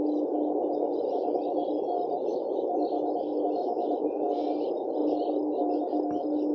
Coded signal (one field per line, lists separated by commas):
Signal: Morse code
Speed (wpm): 21 wpm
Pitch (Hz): 710 Hz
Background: none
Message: 55N 55N TX